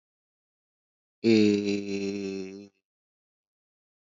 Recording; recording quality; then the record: sustained vowel as in made; excellent, no background noise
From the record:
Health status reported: healthy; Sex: male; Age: 45 years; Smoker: yes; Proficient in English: yes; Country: India